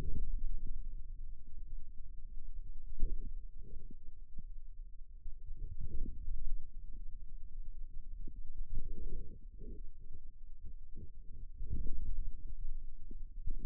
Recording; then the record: forearm muscle sounds (acoustic myography)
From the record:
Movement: outward rotation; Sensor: system 2, bracelet of six BSWA MPA416 microphones around the upper forearm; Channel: 6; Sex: male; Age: 22 years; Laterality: right